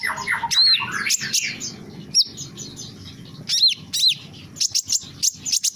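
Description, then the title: Small bird calling with a few arched whistled chirps mixed with harsher squawky notes and short bursts of high twittering. "Burung Kecil"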